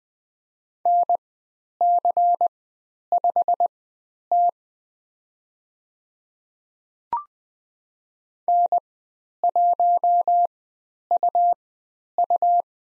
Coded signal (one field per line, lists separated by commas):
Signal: Morse code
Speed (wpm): 20 wpm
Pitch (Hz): 700 Hz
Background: none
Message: NC5T N1UU